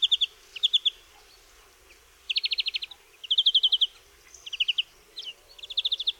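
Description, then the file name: European greenfinch song: a series of short, fast, ringing trills separated by brief pauses. "DZWONIEC"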